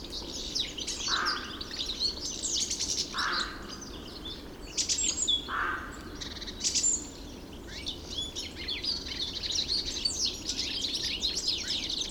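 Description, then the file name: European goldfinch song, busy liquid twittering and chirps, broken by three short lower hoarse bursts in the first six seconds, then resuming as rapid chatter. 3 February 2015, Hofgarten park, Landshut. "Stieglitz 03 02 2015 Landshut Hofgarten Susanne Rieck"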